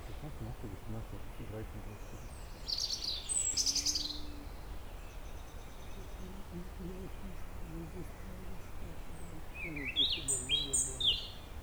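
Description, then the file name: European robin song, with two brief high trilling, warbled phrases about seven seconds apart, while soft lower tonal notes sound beneath. "Erithacus rubecula"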